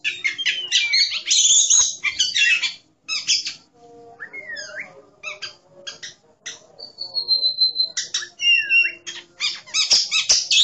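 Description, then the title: Oriental magpie-robin song mixing harsh rapid chatter with slurred whistles, drawn-out clear notes and sharp upslurred calls, delivered at a fast, uneven pace. "Kacer"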